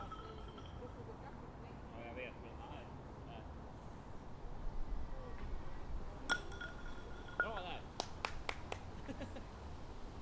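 People playing three-cushion billiards, with a steady murmur of voices throughout. Around six seconds a sharp click rings out, followed by a short tone, then a quick run of crisp ball knocks between eight and nine seconds as talk continues.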